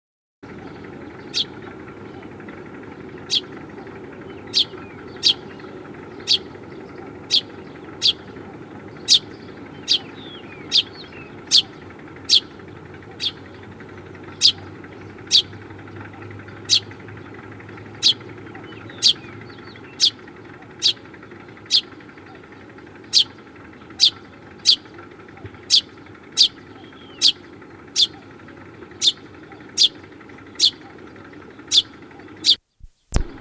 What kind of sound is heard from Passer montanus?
call